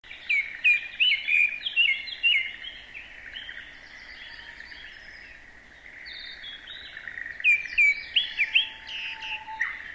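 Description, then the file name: Japanese thrush song: rich, varied phrases of quick whistled and warbled notes. One burst comes at the start, a quieter pause follows, and a second burst comes near the end. "kurotsugumi"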